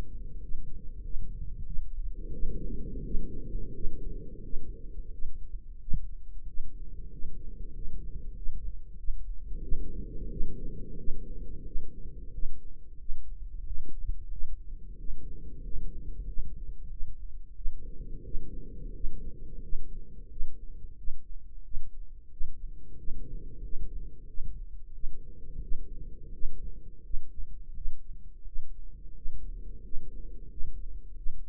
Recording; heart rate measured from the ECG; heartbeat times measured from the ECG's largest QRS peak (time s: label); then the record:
heart sounds by microphone in the right ear; 90 bpm
0.41 s: heartbeat
1.03 s: heartbeat
1.66 s: heartbeat
2.32 s: heartbeat
3.03 s: heartbeat
3.73 s: heartbeat
4.42 s: heartbeat
5.11 s: heartbeat
5.79 s: heartbeat
6.46 s: heartbeat
7.10 s: heartbeat
7.73 s: heartbeat
8.35 s: heartbeat
8.97 s: heartbeat
9.61 s: heartbeat
10.29 s: heartbeat
10.96 s: heartbeat
11.64 s: heartbeat
12.31 s: heartbeat
12.97 s: heartbeat
13.63 s: heartbeat
14.29 s: heartbeat
14.96 s: heartbeat
15.62 s: heartbeat
16.25 s: heartbeat
16.89 s: heartbeat
17.53 s: heartbeat
18.22 s: heartbeat
18.92 s: heartbeat
19.60 s: heartbeat
20.28 s: heartbeat
20.95 s: heartbeat
21.62 s: heartbeat
22.28 s: heartbeat
22.95 s: heartbeat
23.60 s: heartbeat
24.26 s: heartbeat
24.92 s: heartbeat
25.60 s: heartbeat
26.31 s: heartbeat
27.01 s: heartbeat
27.73 s: heartbeat
28.43 s: heartbeat
29.13 s: heartbeat
29.81 s: heartbeat
30.47 s: heartbeat
31.14 s: heartbeat
From the record:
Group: healthy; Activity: rest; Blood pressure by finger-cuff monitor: 117/77 mmHg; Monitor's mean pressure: 90 mmHg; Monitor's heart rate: 89 bpm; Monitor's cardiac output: 7.5 L/min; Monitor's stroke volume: 84 mL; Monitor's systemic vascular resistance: 880 dyn s/cm5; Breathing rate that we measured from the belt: 8 breaths a minute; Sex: male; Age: 33 years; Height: 179 cm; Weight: 80.4 kg